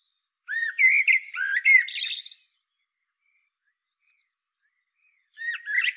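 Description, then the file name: Common blackbird song: a sustained warbling phrase that ends in a harsh, high twittering flourish, followed by silence and the start of another phrase. "Turdus merula"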